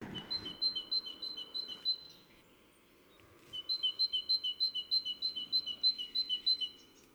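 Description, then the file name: Great tit singing a quick see-saw of a high note and a lower note, repeated in a two-second strophe, then after a short pause a longer run of the same phrase. "Parus major"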